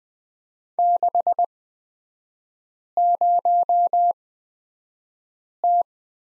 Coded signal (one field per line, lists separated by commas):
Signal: Morse code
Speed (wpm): 20 wpm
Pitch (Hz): 700 Hz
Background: none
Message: 60T